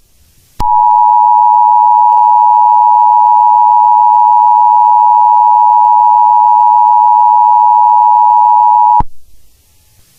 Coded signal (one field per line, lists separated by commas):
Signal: Emergency Alert System (SAME) tones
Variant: 853 and 960 Hz attention tone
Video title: May 24 | An EAS Scenario